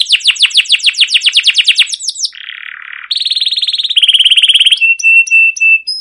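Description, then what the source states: Canary song: fast downward-slurred notes, a short harsh buzzy patch, then rapid high trills and steady whistled tones in changing tempos. Canary's long rolling song with chirping notes, used as a lure recording to stimulate other canaries to sing.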